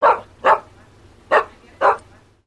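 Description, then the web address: Dog barking: four short, sharp barks, two close together, a pause, then two more. "common dog bark"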